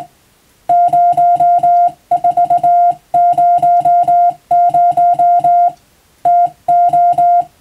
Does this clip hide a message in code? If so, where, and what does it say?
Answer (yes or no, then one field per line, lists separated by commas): yes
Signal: Morse code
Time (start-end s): 0.7-7.4 s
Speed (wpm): 20 wpm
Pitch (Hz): 700 Hz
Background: music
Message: 0400 TO